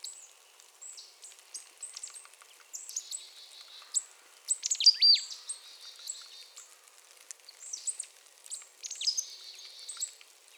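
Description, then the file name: Marsh tit calls, bursts of sharp high descending notes, some followed by a buzzy chatter, scattered throughout. "Poecile palustris"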